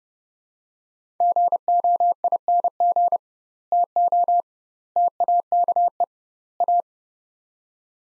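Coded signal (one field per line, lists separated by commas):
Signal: Morse code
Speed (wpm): 30 wpm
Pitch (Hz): 700 Hz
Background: none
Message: GOING TO TAKE A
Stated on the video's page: Practice drill of sets of four words at 30wpm with doubled word-spacing, a Farnsworth-like method for head-copy practice.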